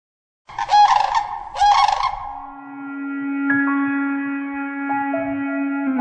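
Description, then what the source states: Sandhill crane: two loud rolling, trumpeting calls, then a steady tonal hum continues to the end. Call described as a memorable part of the Wisconsin soundscape; distinctive and remarkably loud.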